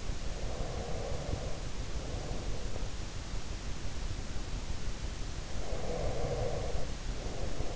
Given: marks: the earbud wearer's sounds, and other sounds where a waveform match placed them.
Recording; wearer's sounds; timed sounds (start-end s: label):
sounds in sleep by an in-ear microphone; breath
0.33-3.24 s: breath
5.34-7.76 s: breath